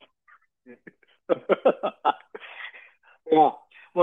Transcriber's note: laughs